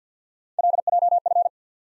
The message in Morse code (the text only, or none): LJF